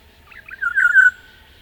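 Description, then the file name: Olive-backed oriole phrase of mellow, bubbling notes running together and settling into a drawn-out whistled tone. "Oriolus Sagittatus"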